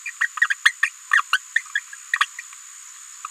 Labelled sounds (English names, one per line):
Green-rumped Parrotlet babbling